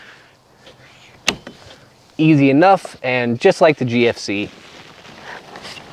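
The second roof latch detent on a Super Pacific Switchback X1 truck bed wedge camper is pulled out and clicks open at 1.3 s, followed by a smaller tick at about 1.5 s. Someone then talks, and the latch is released.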